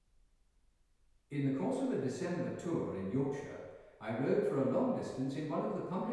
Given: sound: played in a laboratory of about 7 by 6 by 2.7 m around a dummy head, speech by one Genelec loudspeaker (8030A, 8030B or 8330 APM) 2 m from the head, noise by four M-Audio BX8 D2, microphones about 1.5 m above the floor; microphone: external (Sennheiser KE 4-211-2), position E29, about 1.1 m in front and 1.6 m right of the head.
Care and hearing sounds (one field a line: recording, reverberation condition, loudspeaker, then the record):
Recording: male speech in English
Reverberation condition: high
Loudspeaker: behind (180 degrees)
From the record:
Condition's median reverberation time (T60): about 1300 ms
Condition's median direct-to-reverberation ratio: about -4.0 dB